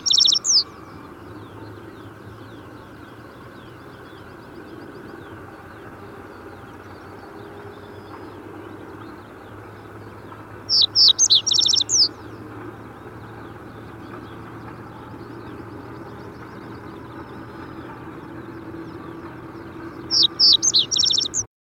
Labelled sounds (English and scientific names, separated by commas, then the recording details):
Reed Bunting (Emberiza schoeniclus) song
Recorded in the wild
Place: Oderberg, Brandenburg, DE
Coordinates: 52.892, 14.056
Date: 1984-05-15
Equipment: Nagra III BH, Sennheiser MD 21, parabola
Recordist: Schubert, Michael